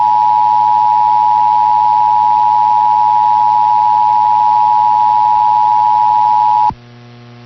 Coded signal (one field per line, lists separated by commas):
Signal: Emergency Alert System (SAME) tones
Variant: 853 and 960 Hz attention tone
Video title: Texas Required Monthly Test on WBAP-AM (EAS #1245)